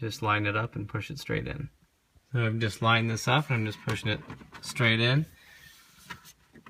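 Someone talks while lining up the plastic instrument cluster trim piece on a 1994–2004 Ford Mustang (Cobra, Mach 1, GT, V6) and pushing it straight into the dashboard by hand. Near the end there are only a few faint, quiet handling ticks. Nothing has seated or clicked yet.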